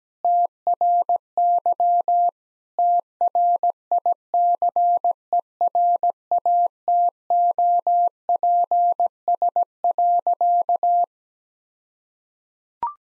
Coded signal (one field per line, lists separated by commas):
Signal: Morse code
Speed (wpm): 17 wpm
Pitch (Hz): 700 Hz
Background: none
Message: TRY TRICERATOPS.